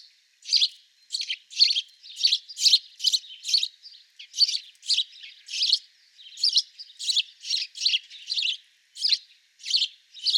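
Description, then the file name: House sparrow giving a long, steady run of many rough chirps in quick succession, broken by a few short pauses. "Passer domesticus"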